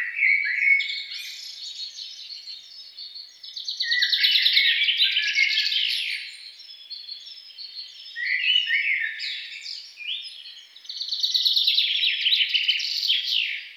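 Songbird delivering repeated bursts of hurried, tumbling chirps and warbles, with quieter gaps between each burst.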